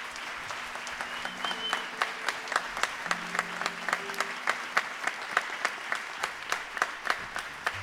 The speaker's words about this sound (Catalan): Bon aplaudiment.